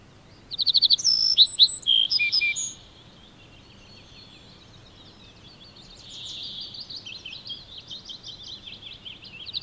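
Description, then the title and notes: Little Bunting sings a brief phrase of high, sharp ticking notes into a buzzy jingle, then a softer, thinner twittering series follows. "Pikkusirkku. Viikon luontoäänen esitteli Juha Laaksonen. Yle"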